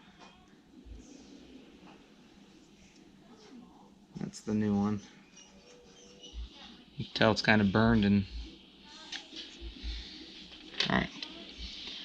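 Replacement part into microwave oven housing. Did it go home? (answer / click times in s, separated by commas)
yes / 10.8 s, 11.0 s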